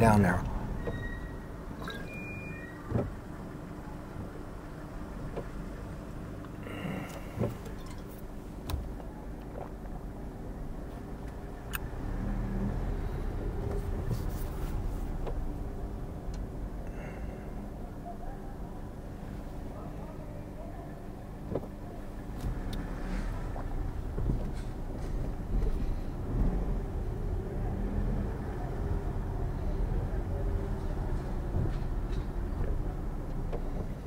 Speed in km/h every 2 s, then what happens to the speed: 3, 0, 0, 0, 0, 0, 8, 5, 3, 2, 2, 5, 8, 8, 10, 8, 3.
1-10 standing. 18-20 standing. 20-27 pulls away to 10.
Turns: none.